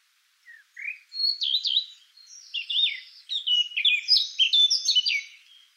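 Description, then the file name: Eurasian blackcap song beginning with soft notes, rising into quick varied warbling and ending in clear, flat fluty whistles. "Sylvia atricapilla"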